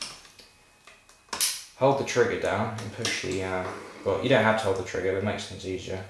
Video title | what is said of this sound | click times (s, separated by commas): MG42/53 Disassembly | until it clicks | 0.0 s